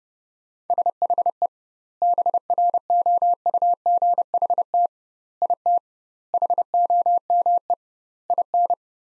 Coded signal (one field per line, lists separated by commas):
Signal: Morse code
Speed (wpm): 29 wpm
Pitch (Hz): 700 Hz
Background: none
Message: SHE BROUGHT IT HOME IN